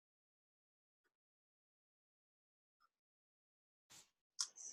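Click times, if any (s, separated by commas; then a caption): 4.4 s. A robot-assembly system fits a printed body part into the robot skeleton using the standard side clips, one on each side. Faint ticks at about 1.1 s and 2.8 s and a short broadband scrape near 3.9 s are followed by a sharp click at 4.4 s with a brief noisy tail. The part seats with the click.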